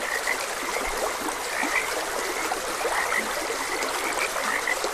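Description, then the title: Frog chorus of dense, clicking croaks with a few louder chirps, over trickling stream water. Frogs croaking beside a gentle stream; ambient nature sounds. "Gentle Stream and Frogs Croaking - Calming Sounds of Nature"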